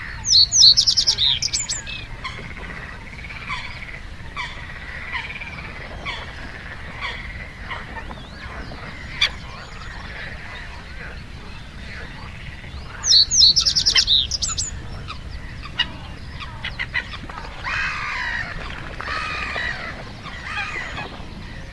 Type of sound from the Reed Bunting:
song